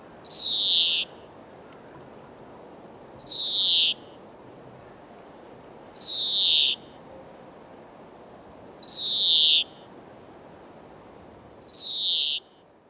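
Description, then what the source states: European greenfinch repeating a drawn-out, falling buzzy wheeze five times, roughly every three seconds, with quiet gaps between. Male singing to express readiness to breed; twittering song with wheezing notes, heard again this year; species can nest two or three times per breeding season.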